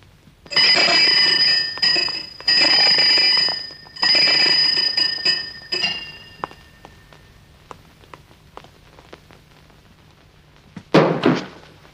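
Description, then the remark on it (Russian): A small hand bell is shaken to summon servants in three sustained bursts of bright, high-pitched jingling ringing, then falls silent apart from faint clicks, ending with a short dull thud. “Арбенин звонит в колокольчик, созывая слуг.”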